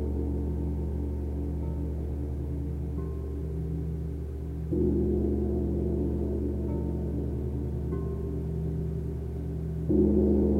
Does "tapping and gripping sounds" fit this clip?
no